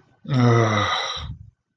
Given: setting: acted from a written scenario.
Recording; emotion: vocal sound without words; guilt